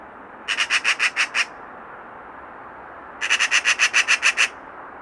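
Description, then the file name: Eurasian magpie chattering: two harsh rattling bursts of rapid dry notes separated by a pause. "Pica pica"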